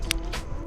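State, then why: Seated. A crimped male pin is wiggled into a negative (female) solar panel connector housing, and a sharp, brief click sounds at 0.1 s, followed by a softer broadband rustle around 0.3–0.4 s. The pin seats in the housing and the connection tightens up.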